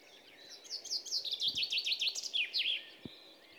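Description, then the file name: Common chaffinch delivering a rapid rattling song of repeated sharp high notes, dropping in pitch and ending with a brief flourish, over faint background noise. "Fringilla coelebs"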